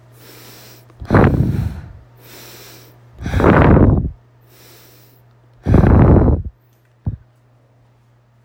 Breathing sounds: deep breathing after running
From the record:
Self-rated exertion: light exertion (2 of 6); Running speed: 5 miles an hour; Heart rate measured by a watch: 94 beats a minute at the start, 96 at the end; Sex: female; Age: 30 years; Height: 160 cm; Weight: 51 kg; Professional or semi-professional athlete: no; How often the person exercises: 3 to 5 times a week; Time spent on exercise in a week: over 5 hours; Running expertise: no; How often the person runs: 3 to 5 times a week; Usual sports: running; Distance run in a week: 60 km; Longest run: 42 km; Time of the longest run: 267 minutes

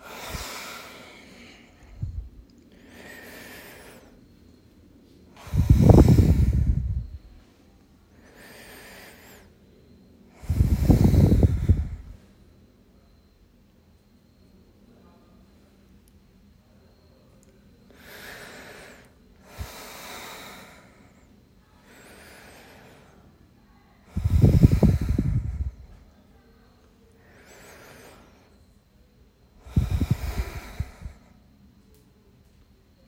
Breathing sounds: deep breathing after running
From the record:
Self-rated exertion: light exertion (2 of 6); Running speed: 7 miles an hour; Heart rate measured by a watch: 130 beats a minute at the start, 125 at the end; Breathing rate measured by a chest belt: 14 breaths a minute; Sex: male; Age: 23 years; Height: 172 cm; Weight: 64 kg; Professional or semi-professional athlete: yes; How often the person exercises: 3 to 5 times a week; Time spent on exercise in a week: 2 to 3 hours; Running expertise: no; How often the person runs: 1 to 2 times a week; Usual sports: running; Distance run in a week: 15 km

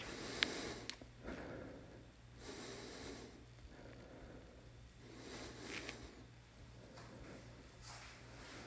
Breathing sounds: deep breathing after running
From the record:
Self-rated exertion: vigorous exertion (4 of 6); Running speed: 9 miles an hour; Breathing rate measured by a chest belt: 25 breaths a minute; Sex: male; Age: 27 years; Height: 185 cm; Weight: 76 kg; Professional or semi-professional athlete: no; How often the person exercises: over 5 times a week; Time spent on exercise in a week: over 5 hours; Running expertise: no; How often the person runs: over 5 times a week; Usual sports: running, weight training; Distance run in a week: 65 km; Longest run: 42 km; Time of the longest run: 214 minutes

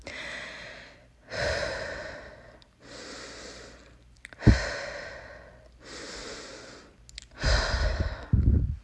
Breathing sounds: deep breathing after running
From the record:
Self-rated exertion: vigorous exertion (4 of 6); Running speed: 6 miles an hour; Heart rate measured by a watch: 154 beats a minute at the start, 151 at the end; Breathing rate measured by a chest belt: 18 breaths a minute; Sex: female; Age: 18 years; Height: 171 cm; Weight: 75 kg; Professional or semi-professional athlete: no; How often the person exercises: 1 to 2 times a week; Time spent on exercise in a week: under 1 hour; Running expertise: no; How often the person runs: 1 to 2 times a week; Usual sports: running, fencing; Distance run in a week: 3 km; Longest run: 21.3 km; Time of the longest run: 190 minutes

